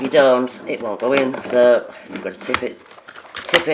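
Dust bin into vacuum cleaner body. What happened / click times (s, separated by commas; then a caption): A plastic part is being worked into place but has not yet seated / none. After being emptied, the plastic dust bin of a vacuum cleaner is tipped and angled to fit it back into its housing while someone talks. A few short plastic knocks are heard near the end, around 3.1, 3.4 and 3.6 seconds, as the bin is handled. Nothing has seated or clicked yet.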